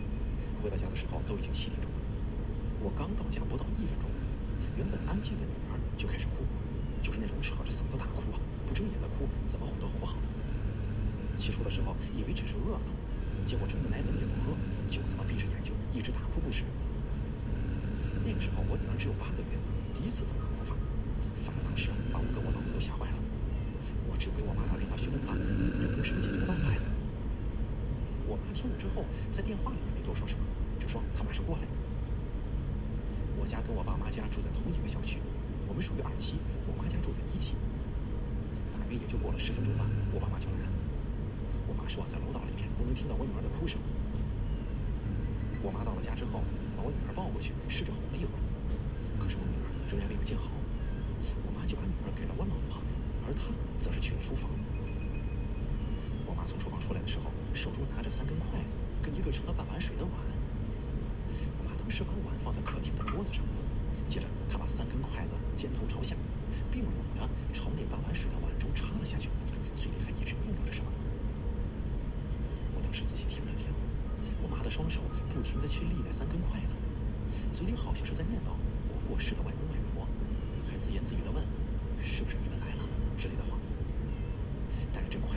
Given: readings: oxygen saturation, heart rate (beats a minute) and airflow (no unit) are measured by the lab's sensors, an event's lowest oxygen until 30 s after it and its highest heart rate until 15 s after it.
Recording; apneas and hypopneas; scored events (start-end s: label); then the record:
breathing in sleep by a smartphone at the bedside; 1
38.00-53.80 s: hypopnea (N2, oxygen 95% highest, then 94% lowest)
67.00-85.37 s: new sleep stage, N1 (lightest sleep)
From the record:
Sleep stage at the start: N2 (light sleep); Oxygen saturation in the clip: 93 to 95%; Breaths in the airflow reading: 28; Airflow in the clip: -2.2 to 3.2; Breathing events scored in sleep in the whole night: 335 in 6.7 hours asleep